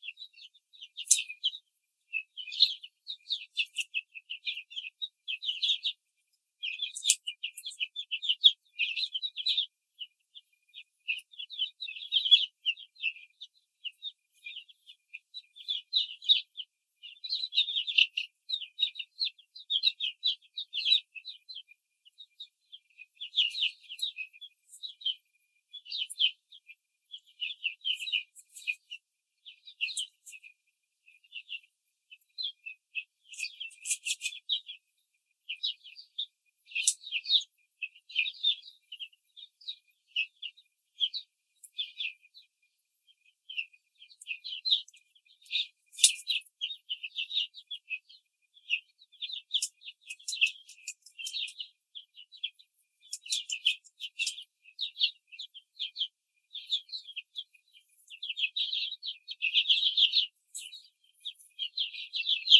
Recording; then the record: young laying hens in a cage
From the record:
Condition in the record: control cage, after the stress test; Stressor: none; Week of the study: 4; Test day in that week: 3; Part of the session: 2